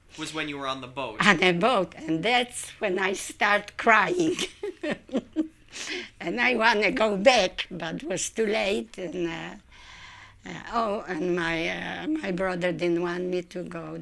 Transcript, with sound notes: Was when you were on the boat.
On the boat, and that's when I start crying. ( she laughs ) And I wanted to go back, but it was too late. Oh, and my, my brother didn't want me to go.